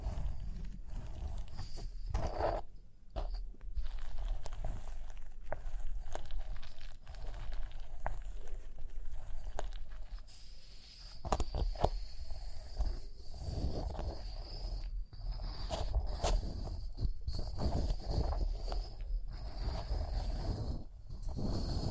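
Rhinestones are tapped, scratched and brushed in a dense, irregular run of small clicks and rustling strokes with no real pauses. The sound stays mostly low and soft, with a few sharper taps standing out now and then, and a faint steady high tone runs underneath.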